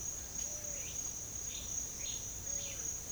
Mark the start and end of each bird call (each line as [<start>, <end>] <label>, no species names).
[0.63, 3.12] bird call